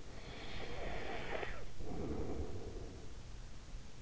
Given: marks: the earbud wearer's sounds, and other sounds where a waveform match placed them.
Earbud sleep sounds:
sounds in sleep by an in-ear microphone; breath
0.28-3.48 s: breath

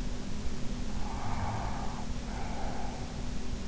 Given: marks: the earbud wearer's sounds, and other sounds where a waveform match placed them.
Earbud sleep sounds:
sounds in sleep by an in-ear microphone; breath
0.78-3.20 s: breath

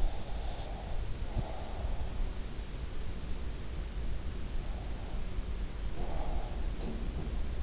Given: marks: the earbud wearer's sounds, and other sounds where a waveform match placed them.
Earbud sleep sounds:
sounds in sleep by an in-ear microphone; breath
0.00-2.05 s: breath
0.61-1.49 s: sound from someone else or the room
4.68-6.91 s: breath
6.72-7.55 s: sound from someone else or the room

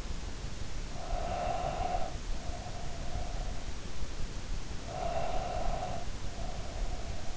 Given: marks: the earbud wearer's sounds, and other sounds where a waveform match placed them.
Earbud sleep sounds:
sounds in sleep by an in-ear microphone; breath
0.91-3.52 s: breath
4.77-7.37 s: breath

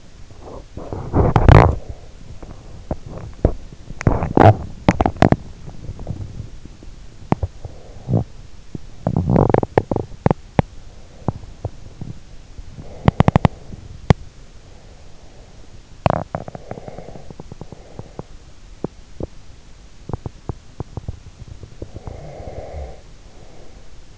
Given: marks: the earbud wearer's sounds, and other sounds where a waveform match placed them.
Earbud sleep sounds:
sounds in sleep by an in-ear microphone; body movement, teeth grinding, breath
0.50-3.27 s: body movement
3.97-22.17 s: teeth grinding
21.75-24.18 s: breath

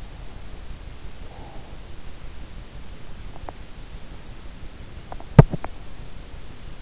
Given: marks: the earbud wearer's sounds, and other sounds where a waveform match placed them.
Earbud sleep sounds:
sounds in sleep by an in-ear microphone; breath, teeth grinding
0.80-2.17 s: breath
4.90-5.98 s: teeth grinding

